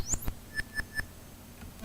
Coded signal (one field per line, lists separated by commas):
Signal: none